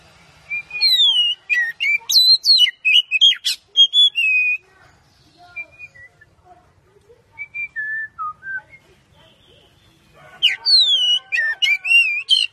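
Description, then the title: Oriental magpie-robin song with loud clear whistled phrases, a softer run of falling whistles in a lull, then another burst of bright rising and falling notes. "Kacer"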